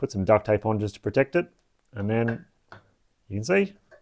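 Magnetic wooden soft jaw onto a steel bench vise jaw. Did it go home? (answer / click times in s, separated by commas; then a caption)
no / none. Someone talks while handling a wooden soft-jaw pad for a steel bench vise, with a half hard-drive magnet set into a cut-out in its back and covered in duct tape to protect it. The pad is being brought up to the vise jaw, where it will snap on magnetically. Only speech with short pauses is heard, and nothing has seated or clicked yet.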